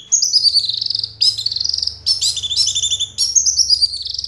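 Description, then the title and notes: Orange-headed thrush delivering a continuous high warbling song of fluttering, slurred notes in several linked phrases. Singing in the teler style with a clear voice; part of a complete compilation of anis merah sounds. "Anis Merah Teler Suara Jernih. kumpulan suara anis merah lengkap"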